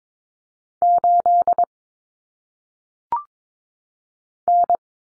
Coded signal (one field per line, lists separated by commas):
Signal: Morse code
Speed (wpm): 22 wpm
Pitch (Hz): 700 Hz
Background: none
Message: 8 N